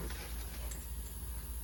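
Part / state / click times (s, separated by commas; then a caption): brake pad hardware clip into caliper bracket / not seated / none. A new steel brake pad abutment clip is handled against the caliper bracket of a Dodge Dart during a front brake pad and rotor replacement. A steady low hum runs under faint scraping and handling sounds. The clip has not clicked or seated yet.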